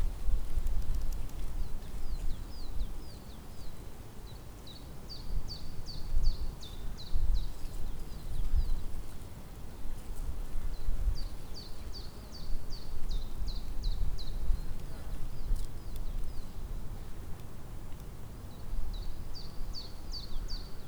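A spring day in Tivoli Park, Ljubljana, with a bird repeating a bright, rapid trilling phrase every few seconds, at the start, around 5, 11 and 19 seconds. A steady low rumble of wind and background noise runs underneath throughout.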